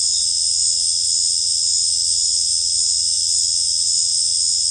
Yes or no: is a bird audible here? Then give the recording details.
no. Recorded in secondary vegetation near Puerto Asís, Putumayo, Colombia, on 26 December 2024 at 19:00. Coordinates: 0.484, -76.319. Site GP06